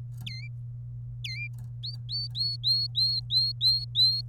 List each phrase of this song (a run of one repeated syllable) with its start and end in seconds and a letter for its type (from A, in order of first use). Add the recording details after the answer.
0.26-0.48 A, 1.24-1.48 A, 1.83-4.21 B. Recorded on 27 April 2018 at 12:54. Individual llb3